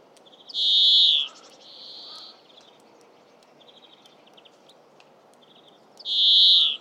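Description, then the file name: European greenfinch giving two loud, drawn-out buzzy wheezes about five seconds apart, a softer wheeze between them, and scattered short trilled twitters. "Chloris chloris"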